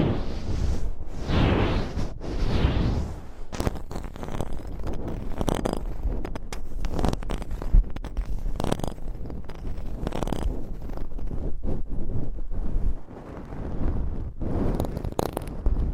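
Scratching, tapping and rubbing on a microphone, with a dense, continuous low rumble throughout. Two sweeping brushing strokes come in the first few seconds, followed by rapid, irregular scratches and sharp taps that keep the sound busy to the end.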